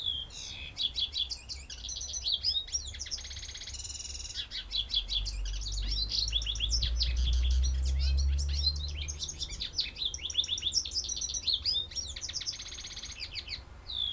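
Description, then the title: White-eye singing a long, dense stream of high twittering notes and trills, with a low rumbling hum midway. Song in the ngerol ngalas style. "Suara Burung Pleci Ngerol Ngalas"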